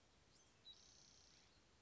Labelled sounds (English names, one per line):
Spotted Towhee